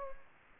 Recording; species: mosquito wingbeat signal from an infrared sensor; Anopheles gambiae